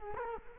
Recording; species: mosquito wingbeat signal from an infrared sensor; Culex quinquefasciatus